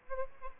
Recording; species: mosquito wingbeat signal from an infrared sensor; Aedes albopictus